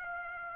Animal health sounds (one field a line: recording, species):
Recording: mosquito wingbeat signal from an infrared sensor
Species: Aedes aegypti